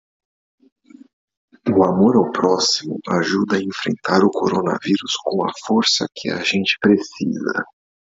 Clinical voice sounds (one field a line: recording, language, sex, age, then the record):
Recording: spoken sentence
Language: Brazilian Portuguese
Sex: male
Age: 30 to 39 years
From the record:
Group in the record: control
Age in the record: 39 years